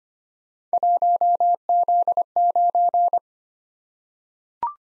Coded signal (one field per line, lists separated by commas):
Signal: Morse code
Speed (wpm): 25 wpm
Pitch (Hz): 700 Hz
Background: none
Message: 1Z9